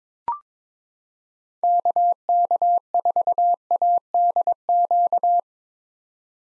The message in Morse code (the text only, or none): KK4ADQ